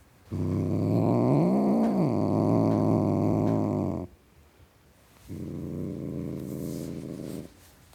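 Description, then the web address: Cat growling: a long, low, throaty rumble that swells and dips in pitch midway, then a shorter, quieter second growl after a brief pause. Tom cat (male) growling. "The BBC Sound Effects Library - Complete 60 CDs Collection (Cats) Tom Cat Growling"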